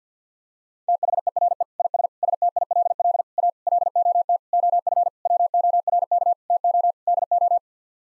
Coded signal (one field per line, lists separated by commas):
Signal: Morse code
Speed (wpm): 50 wpm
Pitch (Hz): 700 Hz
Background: none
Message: THERE IS STILL A LOT OF WORK TO DO